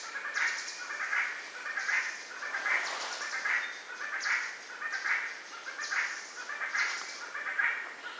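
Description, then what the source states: Red spurfowl calling: harsh, cackling rasping notes repeated steadily, roughly every 0.8 seconds, in a long rhythmic series with a faint hiss behind. Subspecies Galloperdix spadicea spadicea.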